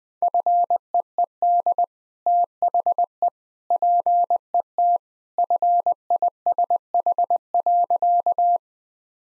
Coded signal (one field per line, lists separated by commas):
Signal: Morse code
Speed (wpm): 21 wpm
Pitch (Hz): 700 Hz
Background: none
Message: FEED THE PET FISH.